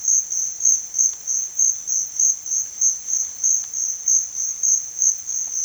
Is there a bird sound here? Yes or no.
no